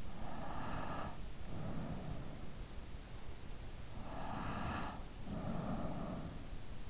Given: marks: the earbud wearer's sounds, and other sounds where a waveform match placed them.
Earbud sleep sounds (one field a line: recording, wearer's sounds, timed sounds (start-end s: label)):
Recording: sounds in sleep by an in-ear microphone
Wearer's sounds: breath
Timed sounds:
0.00-2.70 s: breath
3.96-6.39 s: breath